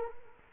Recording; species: mosquito wingbeat signal from an infrared sensor; Culex quinquefasciatus